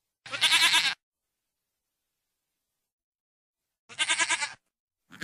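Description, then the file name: A goat bleats twice with a shaky, vibrating voice, then a third bleat begins just as it ends. "Odglosy zwierzat -koza"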